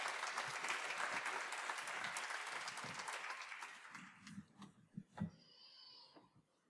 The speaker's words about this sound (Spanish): ¡Un aplauso fuerte! ¡A vosotros hacéis de público!